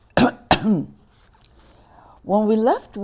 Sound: coughing

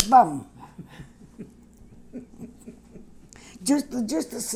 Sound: they laugh

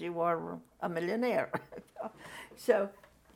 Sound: laughs

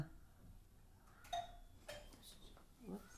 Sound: a doorbell rings

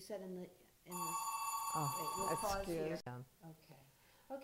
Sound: telephone rings

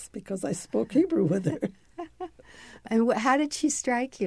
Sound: chuckles

